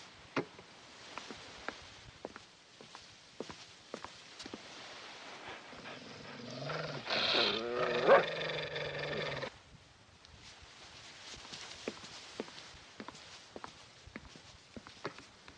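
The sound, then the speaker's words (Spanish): Dogs growl and snarl in a loud, harsh burst lasting a few seconds midway, surrounded by a steady scatter of sharp clicking steps before and after. “Solo llama a los perros.”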